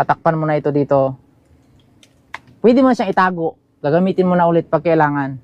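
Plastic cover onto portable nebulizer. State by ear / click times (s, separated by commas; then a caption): seated / 2.3 s. Someone talks, then a plastic cover is closed over a portable nebulizer, giving a single sharp snap at 2.3 s as it shuts into place. Fainter ticks come just before, and the talking resumes afterward.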